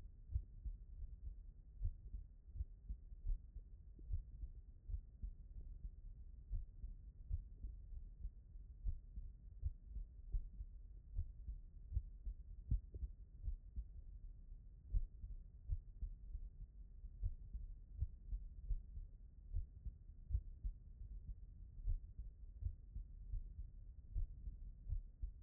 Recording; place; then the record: heart sounds by stethoscope; pulmonary valve (PV)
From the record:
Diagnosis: non-HFrEF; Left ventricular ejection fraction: 62%